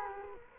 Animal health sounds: mosquito wingbeat signal from an infrared sensor; Culex quinquefasciatus

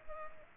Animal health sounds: mosquito wingbeat signal from an infrared sensor; Culex pipiens

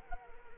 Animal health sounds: mosquito wingbeat signal from an infrared sensor; Anopheles arabiensis

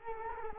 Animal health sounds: mosquito wingbeat signal from an infrared sensor; Culex quinquefasciatus

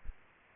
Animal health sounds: mosquito wingbeat signal from an infrared sensor; Aedes aegypti

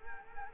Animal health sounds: mosquito wingbeat signal from an infrared sensor; Culex quinquefasciatus

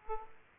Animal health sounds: mosquito wingbeat signal from an infrared sensor; Aedes aegypti

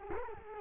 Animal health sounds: mosquito wingbeat signal from an infrared sensor; Culex quinquefasciatus

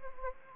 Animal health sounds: mosquito wingbeat signal from an infrared sensor; Anopheles gambiae

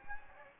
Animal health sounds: mosquito wingbeat signal from an infrared sensor; Anopheles gambiae

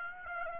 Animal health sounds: mosquito wingbeat signal from an infrared sensor; Aedes aegypti

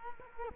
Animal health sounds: mosquito wingbeat signal from an infrared sensor; Culex quinquefasciatus

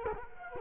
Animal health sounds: mosquito wingbeat signal from an infrared sensor; Culex quinquefasciatus

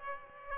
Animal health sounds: mosquito wingbeat signal from an infrared sensor; Aedes aegypti

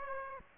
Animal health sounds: mosquito wingbeat signal from an infrared sensor; Aedes aegypti

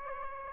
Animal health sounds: mosquito wingbeat signal from an infrared sensor; Aedes aegypti

